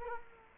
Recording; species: mosquito wingbeat signal from an infrared sensor; Culex quinquefasciatus